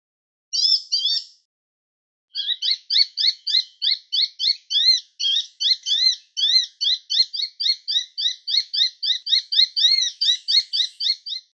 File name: souimanga de mayotte